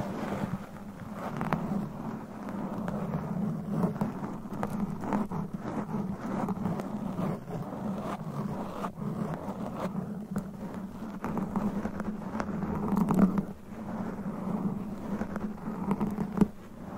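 Mic scratching with claws: a steady, dense scraping texture runs throughout, with a low rumbling hum underneath. Sharp brighter scratches and clicks cut in every second or so, with louder bursts near 13 seconds and again just before the end.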